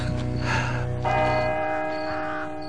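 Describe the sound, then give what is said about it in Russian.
A church clock bell strikes at night, its deep, resonant tone swelling over a lingering earlier hum, then ringing on with a long, slowly fading shimmer of overtones. No voices are heard. “И только когда в церкви стали бить часы, и он вообразил самого себя мертвым, зарытым здесь навеки, то ему показалось, что кто-то смотрит на него.”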